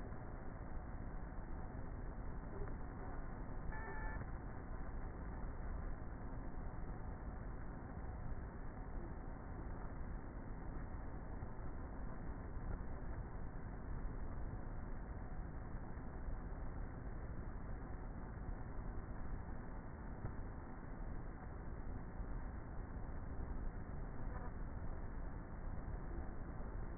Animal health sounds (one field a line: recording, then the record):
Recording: honeybee colony, microphone inside the hive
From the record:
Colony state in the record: queenless with a low population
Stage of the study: before two queens were removed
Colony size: about 30,000 bees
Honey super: no